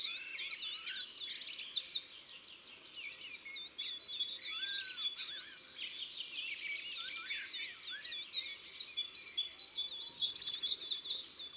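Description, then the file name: Eurasian wren song: loud, rapid high trills and twittering phrases in two bursts, with quieter squeaky notes between them. Recorded in Isère, France. "Troglodyte-mignon-Concerts-naturels-de-l Isere-Studio-Les-Trois-Becs"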